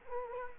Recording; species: mosquito wingbeat signal from an infrared sensor; Culex quinquefasciatus